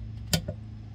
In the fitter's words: there's the click